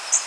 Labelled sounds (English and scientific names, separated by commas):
Blackburnian Warbler (Setophaga fusca) flight call